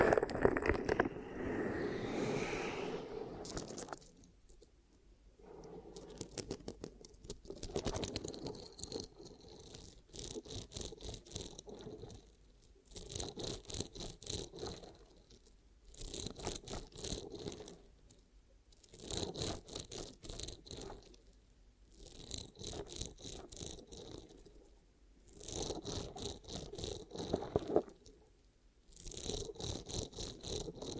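Ear cupping triggers come in repeated bursts of quick, rubbing rattles and scrapes, pausing into brief quiet every few seconds, with a steady hum underneath.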